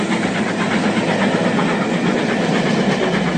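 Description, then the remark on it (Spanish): A steam train on the Córdoba and Northwest Railway in Córdoba province runs along the rails with a steady, loud, rushing rumble and faint rhythmic clatter throughout, no voices present. “El ferrocarril se llamó Ferrocarril Córdoba y Noroeste y en 1892 llegó a Cruz del Eje.”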